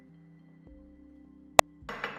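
Hands clasped around a sealed glass jar press on its metal screw lid until air enters and the vacuum seal breaks with a sharp click at 1.6 seconds, heard over soft background music. Right after, someone talks, and the jar is open.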